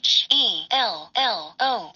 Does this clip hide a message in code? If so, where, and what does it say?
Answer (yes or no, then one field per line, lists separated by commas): no